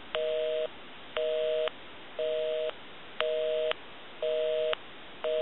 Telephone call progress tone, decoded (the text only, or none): busy tone